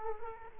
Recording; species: mosquito wingbeat signal from an infrared sensor; Culex quinquefasciatus